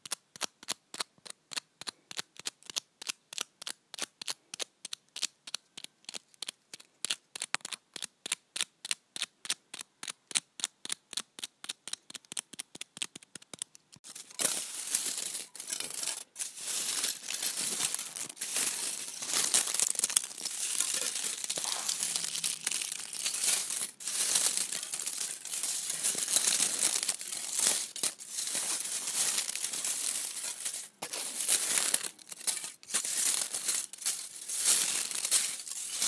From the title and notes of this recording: Various ASMR triggers with foil. Rubbing scrunched-up foil in my hands.